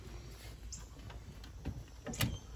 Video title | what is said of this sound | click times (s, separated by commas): How To Replace an Alternator on a Ford F-150 | So that's snapped into place. That one's in. | 2.2 s